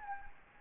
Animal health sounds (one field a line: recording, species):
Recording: mosquito wingbeat signal from an infrared sensor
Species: Anopheles gambiae